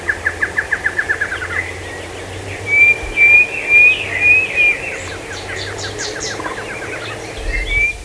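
Bird calls: a rapid run of short descending notes, then high thin whistles repeated roughly twice a second, with fainter chirps and a low background hum.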